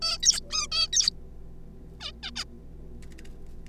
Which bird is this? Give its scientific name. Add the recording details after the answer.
Taeniopygia guttata. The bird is a juvenile. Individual R3549